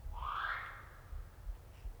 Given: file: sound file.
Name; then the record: kiwi Female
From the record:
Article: Birdsong Denoising Using Wavelets